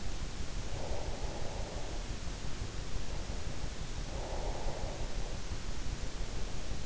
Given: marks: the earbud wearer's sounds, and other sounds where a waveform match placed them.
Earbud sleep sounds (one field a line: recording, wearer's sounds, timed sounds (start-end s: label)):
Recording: sounds in sleep by an in-ear microphone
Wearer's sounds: breath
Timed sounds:
0.36-2.46 s: breath
3.92-5.37 s: breath